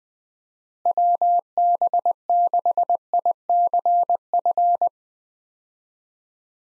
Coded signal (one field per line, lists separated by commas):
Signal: Morse code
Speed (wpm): 20 wpm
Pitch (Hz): 700 Hz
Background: none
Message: WB6ICF